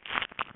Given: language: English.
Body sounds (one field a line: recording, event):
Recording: throat vibration sensor signal played as sound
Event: swallow